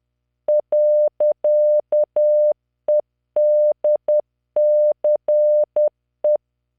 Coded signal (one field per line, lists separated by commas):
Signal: Morse code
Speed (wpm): 10 wpm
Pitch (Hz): 600 Hz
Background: none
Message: .EDCE